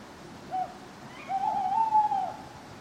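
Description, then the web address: Owl giving a short clipped note, then a long wavering hoot that holds its pitch for about a second. Owls hooting at night in a churchyard. "birds backgrounds churchyard night owls hooting clock strike"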